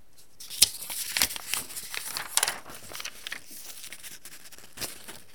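A bone folder rubs and scrapes across tracing paper laid on parchment, transferring the pencil carbon of a drawing onto the parchment, making dry, papery rasping strokes in an irregular rhythm, with a few sharper crinkling ticks, fairly soft and with no talking.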